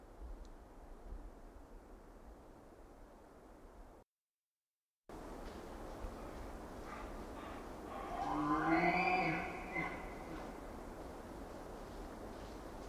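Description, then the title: Roosevelt elk bugling, a single strained call with rich overtones lasting about two seconds, after a stretch of quiet background hiss. Roosevelt elk bulls challenging for social dominance during the rut, hours after sunset, late September 2023. "Roosevelt Elk Bull challenge with big clashing fight"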